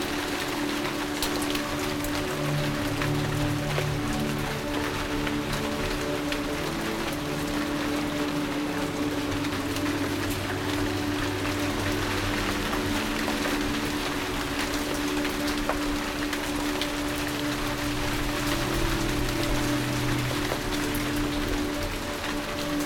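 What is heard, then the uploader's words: Rain falls steadily on leaves, a dense, even patter, while soft sustained low tones of gentle music shift slowly underneath throughout. Rain in the Garden. The sound of rain on leaves with gentle music.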